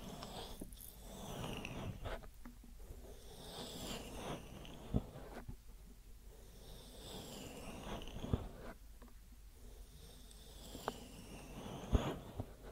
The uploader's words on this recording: ASMR Deep Ear Massage for Sleep(No Talking).